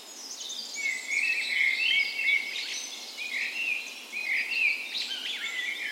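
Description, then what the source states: Dawn chorus: mixed birdsong in a morning chorus, warbled phrases and short sharp chirps layered over one another without pause. Dawn chorus in a park west in Bergen, Norway, on the morning of 17 May, Norway's National Day, in spring; recorded with a Sony PCM A10 and LOM micro Usi mics as 'tree ears'.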